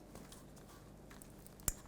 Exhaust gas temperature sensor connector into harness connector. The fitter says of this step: make sure it clicks and rescure it onto the frame